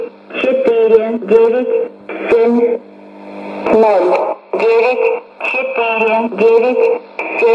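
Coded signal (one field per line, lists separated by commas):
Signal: numbers station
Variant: S06s, Russian female voice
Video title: 14 11 2019 S06s Russian Lady numbers station in Russian to Eu 0944 on 9540 unknown tx site USB+AM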